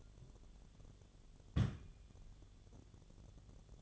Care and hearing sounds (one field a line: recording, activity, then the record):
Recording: daily activity, microphone in the room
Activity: place on stove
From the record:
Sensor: 4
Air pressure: 1010.9 hPa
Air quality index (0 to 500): 166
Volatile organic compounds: 4 ppm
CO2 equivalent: 1693 ppm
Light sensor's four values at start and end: 40/114/46/47 and 40/114/46/47